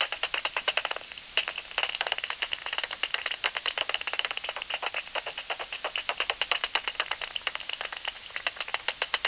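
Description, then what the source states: Bat echolocation heard as fast, irregular clicking, with bursts of closely packed ticks separated by brief gaps, crackly and dry throughout. Bat calls on 27 August 2002.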